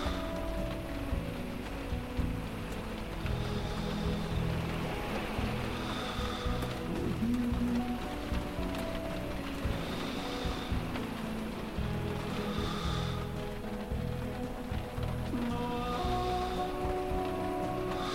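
Ocean surf fills the night with a steady, dense low roar that barely changes in level. Thin whining tones drift in and out over it, and a few brief, bright chirps surface every couple of seconds, especially in the middle stretch.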